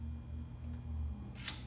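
A radio removal key is inserted into the release slot of a car radio and clicks against the retaining release lever at 1.5 s, releasing it. Before the click there is only a low steady hum. Someone talks during the clip.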